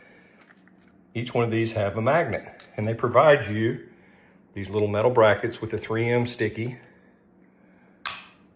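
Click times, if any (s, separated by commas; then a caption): 8.1 s. Someone talks while a rechargeable magnetic LED under-cabinet light with a motion sensor is set onto its metal mounting bracket, which has a 3M adhesive backing. The light's magnet pulls it onto the bracket with a sharp snap at 8.1 s, and the light is seated.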